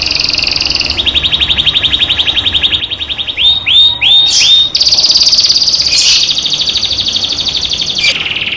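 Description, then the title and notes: Canary song of fast high trills that step down to a lower roll. A few quick swooping notes come in the middle, then the rolling trills continue. Canary 'masteran' tutor recording, made to stimulate birds to sing more intensely; local name kenari. "PANCINGAN SUARA MASTERAN KENARI BIKIN BURUNG MAKIN MENGGILA. masteran kicau kenari"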